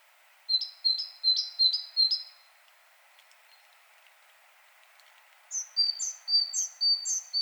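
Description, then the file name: Great tit producing two short series of five or six high, sharp notes, with about three seconds of quiet between them. "Parus major"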